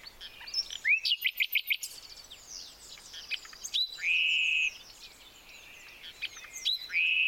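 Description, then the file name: Common nightingale song: a quick run of repeated notes, then long, pure, steady whistles among scattered chirps. "Luscinia megarhynchos"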